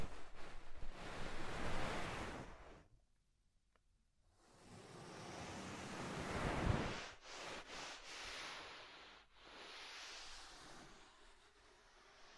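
Soft, fluffy rubbing sounds in a dense, hissing rush swell and fade for about three seconds, then drop to near silence for a moment. The rubbing returns louder around the middle, then breaks into shorter strokes with brief gaps through the end.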